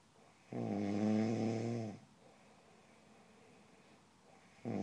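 An adult snoring in sleep: one loud, tonal snore lasting about a second and a half, then a quiet pause, with the next snore starting at the end.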